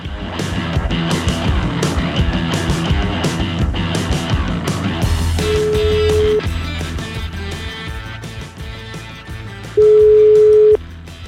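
An outgoing phone call placed from Milan rings: two steady, mid-pitched beeps about a second long, spaced several seconds apart, sounding over a dense, busy background bed of music and noise.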